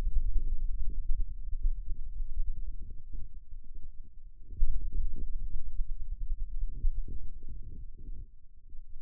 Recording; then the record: forearm muscle sounds (acoustic myography)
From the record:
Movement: radial deviation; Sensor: system 2, bracelet of six BSWA MPA416 microphones around the upper forearm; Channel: 1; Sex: male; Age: 22 years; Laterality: right